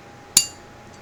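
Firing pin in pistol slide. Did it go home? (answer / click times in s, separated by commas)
released / 0.4 s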